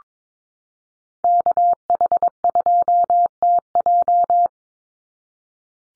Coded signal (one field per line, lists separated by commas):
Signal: Morse code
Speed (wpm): 22 wpm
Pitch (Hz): 700 Hz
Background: none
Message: KH2TJ